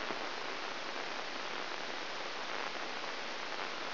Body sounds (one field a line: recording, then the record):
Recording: brain microelectrode recording played as sound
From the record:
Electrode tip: inside the subthalamic nucleus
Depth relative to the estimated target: -3.3 mm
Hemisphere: left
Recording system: AlphaMap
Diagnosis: Parkinson's disease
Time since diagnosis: 20 years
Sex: female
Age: 65 years